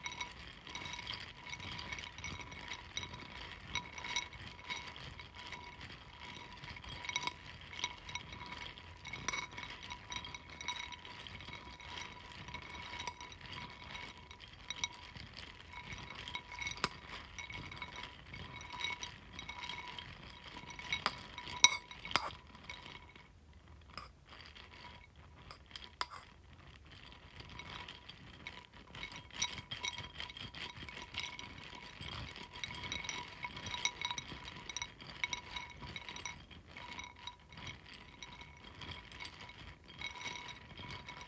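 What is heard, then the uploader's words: Pumpkin seeds are stirred in a steady, dense rattle of small clicks and clinks, briefly thinning around the middle before resuming. ASMR Mixing Pumpkin Seeds.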